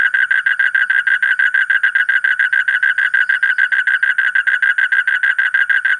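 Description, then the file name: Asian common toad's rapid, pulsing trill, each note a short rasping buzz, repeated steadily and loudly throughout. "suara kodok bangkong kolong kodok buduk"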